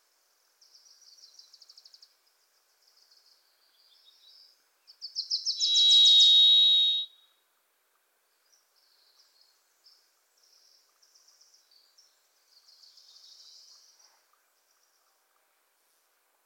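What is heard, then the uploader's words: A Varied Thrush sings one loud, buzzy, high whistled note from about five to seven seconds, swelling quickly and holding steady before fading. Before and after, faint high chirps and short trills come in scattered bursts, all thin and high-pitched, with nothing low underneath. The Varied Thrush, Ixoreus naevius, is a wisp in the forests of the Pacific Northwest.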